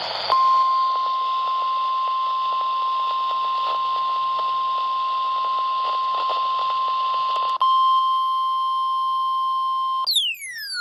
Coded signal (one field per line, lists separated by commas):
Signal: Emergency Alert System (SAME) tones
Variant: 1050 Hz attention tone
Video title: 10/11/23 - KHB38, WXJ94, WXK97 & KEC92 Required Weekly Tests (EAS #898-EAS #902)